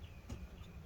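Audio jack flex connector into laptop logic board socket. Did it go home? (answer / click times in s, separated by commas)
no / none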